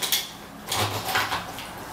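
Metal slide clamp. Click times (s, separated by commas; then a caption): 0.7 s. After the red release button is pressed, a Nikon D750 camera's long bottom quick-release plate is slid into a tripod head clamp, and two metallic clacks are heard, the first near 0.1 s. The plate locks in place in the clamp with the clack at 0.7 s.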